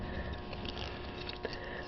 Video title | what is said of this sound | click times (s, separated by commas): Transformers RID Steeljaw | yeah that doesn't click together this | none